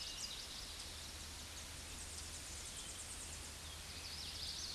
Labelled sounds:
Tennessee Warbler song

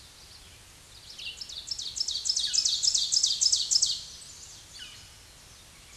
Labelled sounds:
Ovenbird song

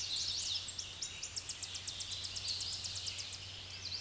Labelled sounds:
Tennessee Warbler song

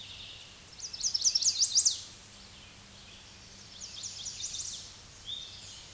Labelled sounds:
Chestnut-sided Warbler song

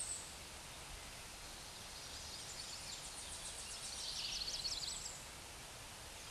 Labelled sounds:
Tennessee Warbler song

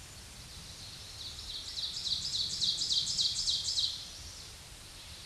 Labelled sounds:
Ovenbird song

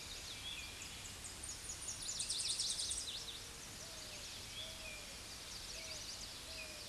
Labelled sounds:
Tennessee Warbler song

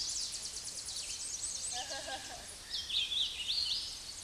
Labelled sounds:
Hooded Warbler song

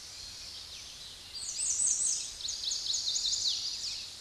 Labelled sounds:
American Redstart song

